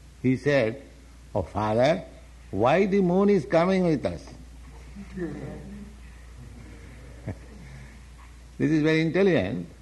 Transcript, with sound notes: he said, "Oh, father, why the moon is coming with us?" [chuckles] This is very intelligent.